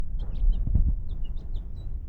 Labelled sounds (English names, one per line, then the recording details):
House Finch song
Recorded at Lawrence on Long Island, New York, on 4 June 1975
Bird C